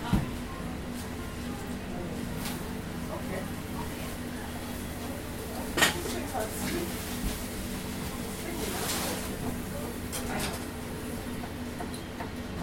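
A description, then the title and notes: A café kitchen hums with a steady low drone, muffled voices, and sharp clatters of dishes around six and nine seconds. Field recording of the Print Room Café's kitchen. Recorded 29 November, 2012 in stereo on Zoom H4N.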